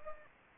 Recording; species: mosquito wingbeat signal from an infrared sensor; Anopheles gambiae